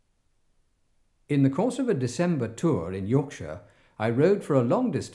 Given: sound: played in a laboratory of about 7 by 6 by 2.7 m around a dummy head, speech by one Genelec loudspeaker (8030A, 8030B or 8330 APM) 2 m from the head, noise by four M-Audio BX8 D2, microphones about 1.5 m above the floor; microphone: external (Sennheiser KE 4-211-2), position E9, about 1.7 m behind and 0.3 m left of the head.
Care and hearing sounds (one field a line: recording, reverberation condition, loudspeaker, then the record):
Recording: male speech in English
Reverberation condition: medium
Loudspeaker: behind (180 degrees)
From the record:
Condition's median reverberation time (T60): about 510 ms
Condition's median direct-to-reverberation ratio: about -0.5 dB